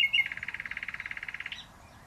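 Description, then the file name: Common nightingale song: two short sharp notes, then an even, rapid trill of many identical notes lasting over a second. "Luscinia megarhynchos"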